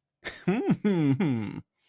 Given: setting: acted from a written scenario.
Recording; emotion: vocal sound without words; pride